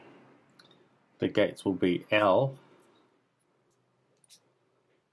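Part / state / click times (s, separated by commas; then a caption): padlock shackle releasing from the lock body / released / 4.2 s. Someone talks briefly over faint ticks near 0.6 and 0.7 s, then goes quiet. With the combination wheels of a Master Lock word-combination padlock set to the decoded letters, the shackle is pulled and releases from the lock body with a single sharp click at 4.2 s. The lock is confirmed open.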